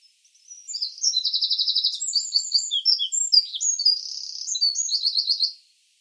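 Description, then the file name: Eurasian wren singing a loud, fast high song of tinkling notes, with two rattling trills, one near the start and one at the end. "Troglodytes troglodytes"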